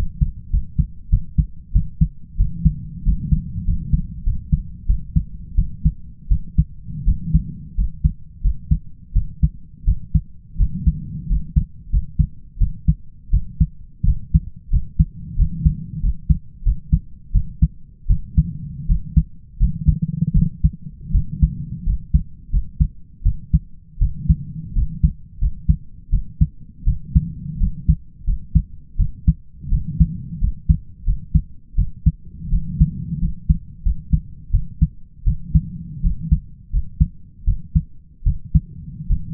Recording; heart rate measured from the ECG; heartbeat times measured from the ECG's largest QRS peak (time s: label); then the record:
heart sounds by stethoscope; 86 bpm
0.51 s: heartbeat
1.10 s: heartbeat
1.73 s: heartbeat
2.37 s: heartbeat
3.04 s: heartbeat
3.65 s: heartbeat
4.24 s: heartbeat
4.87 s: heartbeat
5.56 s: heartbeat
6.29 s: heartbeat
7.05 s: heartbeat
7.75 s: heartbeat
8.42 s: heartbeat
9.13 s: heartbeat
9.85 s: heartbeat
10.57 s: heartbeat
11.27 s: heartbeat
11.90 s: heartbeat
12.58 s: heartbeat
13.31 s: heartbeat
14.04 s: heartbeat
14.70 s: heartbeat
15.36 s: heartbeat
16.01 s: heartbeat
16.63 s: heartbeat
17.32 s: heartbeat
18.07 s: heartbeat
18.87 s: heartbeat
19.58 s: heartbeat
20.33 s: heartbeat
21.12 s: heartbeat
21.84 s: heartbeat
22.50 s: heartbeat
23.23 s: heartbeat
23.99 s: heartbeat
24.73 s: heartbeat
25.39 s: heartbeat
26.10 s: heartbeat
26.84 s: heartbeat
27.58 s: heartbeat
28.25 s: heartbeat
28.97 s: heartbeat
29.69 s: heartbeat
30.39 s: heartbeat
31.04 s: heartbeat
31.75 s: heartbeat
32.50 s: heartbeat
33.19 s: heartbeat
33.83 s: heartbeat
34.51 s: heartbeat
35.24 s: heartbeat
36.01 s: heartbeat
36.70 s: heartbeat
37.45 s: heartbeat
38.24 s: heartbeat
39.07 s: heartbeat
From the record:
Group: healthy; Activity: rest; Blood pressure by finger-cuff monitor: 112/60 mmHg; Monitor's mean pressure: 72 mmHg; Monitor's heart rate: 85 bpm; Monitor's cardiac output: 6.5 L/min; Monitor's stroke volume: 74 mL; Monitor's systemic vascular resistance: 800 dyn s/cm5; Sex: male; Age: 20 years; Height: 167 cm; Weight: 61 kg